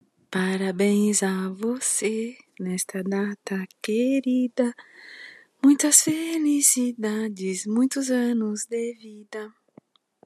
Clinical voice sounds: short text; Brazilian Portuguese; female; 50 to 59 years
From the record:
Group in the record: control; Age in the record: 55 years

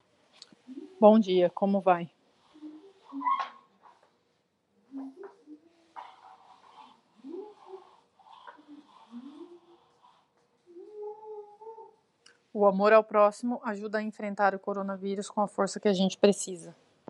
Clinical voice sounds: spoken sentence; Brazilian Portuguese; female; 30 to 39 years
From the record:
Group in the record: control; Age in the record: 38 years

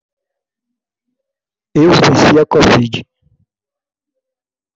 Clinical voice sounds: short text; Brazilian Portuguese; male; 50 to 59 years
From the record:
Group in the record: control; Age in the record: 51 years

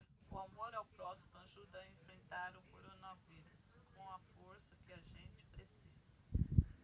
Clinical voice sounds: spoken sentence; Brazilian Portuguese; female; 50 to 59 years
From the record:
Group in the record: control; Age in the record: 54 years

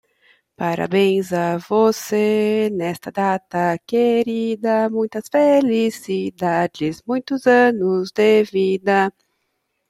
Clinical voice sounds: short text; Brazilian Portuguese; female; 30 to 39 years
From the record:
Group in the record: control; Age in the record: 33 years

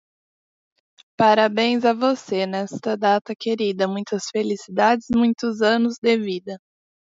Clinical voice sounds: short text; Brazilian Portuguese; female; 20 to 29 years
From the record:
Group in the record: control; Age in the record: 29 years

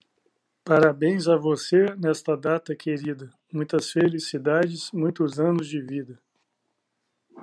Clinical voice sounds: short text; Brazilian Portuguese; male; 40 to 49 years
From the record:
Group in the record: control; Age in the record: 45 years

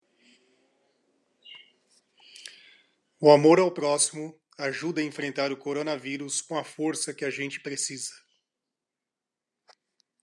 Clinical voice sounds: spoken sentence; Brazilian Portuguese; male; 40 to 49 years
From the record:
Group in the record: control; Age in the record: 47 years

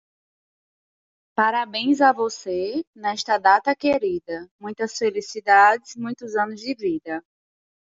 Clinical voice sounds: short text; Brazilian Portuguese; female; 20 to 29 years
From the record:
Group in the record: control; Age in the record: 22 years

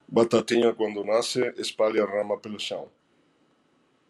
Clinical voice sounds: short text; Brazilian Portuguese; male; 60 to 69 years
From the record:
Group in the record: control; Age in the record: 66 years

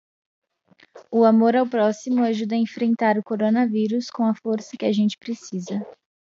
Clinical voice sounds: spoken sentence; Brazilian Portuguese; female; 20 to 29 years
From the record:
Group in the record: control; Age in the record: 20 years

